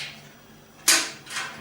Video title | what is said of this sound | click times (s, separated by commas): How To Change A Computer Case | and it just clicks | 0.9 s